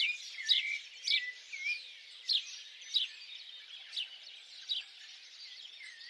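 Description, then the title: Birds singing: quick descending chirps repeated at irregular intervals, with soft looping whistles beneath and a constant background of other birds. Birds singing at dawn. "Pássaros Cantando No Amanhecer"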